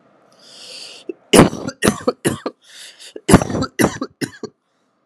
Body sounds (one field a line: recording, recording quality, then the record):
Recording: heavy voluntary cough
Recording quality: excellent, no background noise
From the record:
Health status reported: healthy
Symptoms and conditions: none ticked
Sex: male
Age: 28 years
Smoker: not ticked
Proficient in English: yes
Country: United States